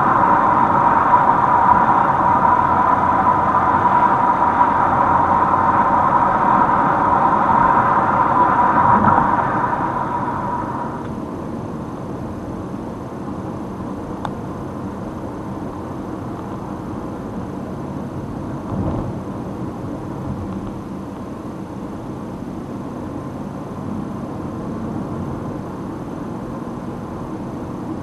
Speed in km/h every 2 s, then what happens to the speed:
72, 71, 73, 70, 70, 72, 69, 66, 66, 65, 65, 69, 75, 77.
0-20 steady at about 70. 20-28 speeds up to 77.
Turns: none.